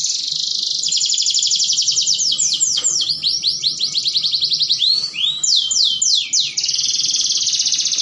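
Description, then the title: Canary song: a continuous fast trill, broken by rolling downward-sweeping notes, then returning to a steady high buzzing roll. Belgian canary song used to warm up canaries for mating. "Canto Para Esquentar Canário Belga. Pancingan Suara Kenari Kawin"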